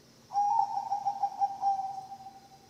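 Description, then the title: Zebra dove cooing song: one long, even, mid-pitched purring phrase of rapid pulsed notes, strongest at the start and slowly fading over about two seconds. Bangkok-type zebra dove (perkutut) song, used as a training recording for other birds (masteran) and as a lure (pancingan). "mster Mnuk. SUARA OCEHAN BURUNG PERKUTUT BANGKOK Untuk MASTERAN dan PANCINGAN"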